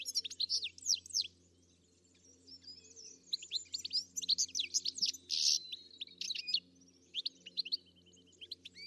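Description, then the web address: Bird chirps, dense high twittering with sharp downslurred notes and a brief buzzy note, over a steady low hum. "Deverinetal. Bird Only"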